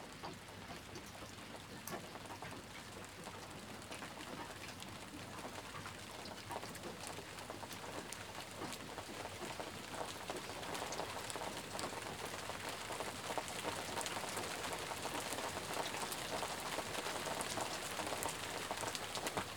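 Rain falls steadily and densely, a continuous hiss filled with countless quick drop taps striking a surface. The downpour grows slightly heavier and louder after about ten seconds, with a faint low hum running underneath throughout.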